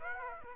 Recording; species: mosquito wingbeat signal from an infrared sensor; Aedes aegypti